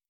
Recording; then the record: hydrophone in a shrimp aquaculture tank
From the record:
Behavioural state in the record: starved